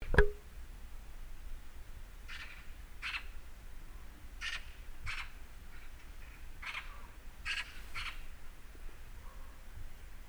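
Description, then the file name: Eurasian magpie giving harsh, rasping call notes, single and paired bursts scattered irregularly throughout, over a steady low rumble after a sharp click at the start. "Pica pica"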